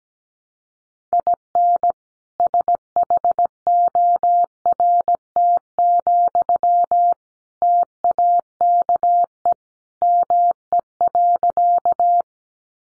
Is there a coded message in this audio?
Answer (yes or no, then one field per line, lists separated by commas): yes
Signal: Morse code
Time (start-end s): 1.1-12.2 s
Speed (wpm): 17 wpm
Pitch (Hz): 700 Hz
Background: none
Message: IN SHORT, TAKE ME.